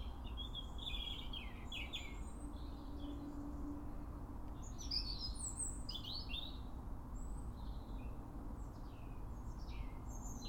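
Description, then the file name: European robin singing varied, thin, high phrases with quick trills and sliding notes, coming in bursts with short pauses, over a continuous low background rumble. "Erithacus rubecula"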